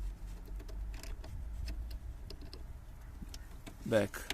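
A small plastic pin is being pushed back into the glove box hinge or damper mount of a Mercedes CLK W209/C209 or W203 with a retrofitted facelift interior. Someone talks over a low hum, with faint plastic handling ticks and a louder rustle near the end. The pin is not in yet; nothing has seated or clicked.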